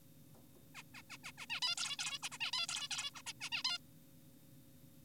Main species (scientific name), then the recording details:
Taeniopygia guttata. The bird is an adult. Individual g4p5U